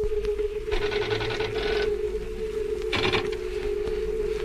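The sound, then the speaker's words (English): A steady, deep mechanical hum drones without a break on an asteroid, felt as much as heard, with a low rumble beneath it as though the floor were reverberating. Two short bursts of brighter, rattling machine noise rise over it, then fade back. “A deep hum. I feel it rather than hear it. As though the floor were reverberating.”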